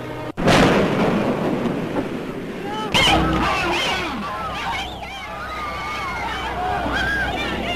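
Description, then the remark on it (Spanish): Newsreel recording of the Hindenburg airship disaster at Lakehurst, New Jersey: a loud, rumbling blast bursts out, followed by a second heavy boom, then a chaotic mix of many wailing, high-pitched screams and shouts over a continuous low roar. “Pues ahí estaban los gritos y al principio se escuchaba en inglés al el locutor cómo anunciaba, bueno, pues que horas antes había partido de Nueva York, creo que era, y bueno, pues luego iba a tener lugar la tragedia del Hindenburg.”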